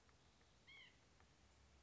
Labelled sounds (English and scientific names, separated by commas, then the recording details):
White-breasted Nuthatch (Sitta carolinensis)
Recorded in Sonoma County, California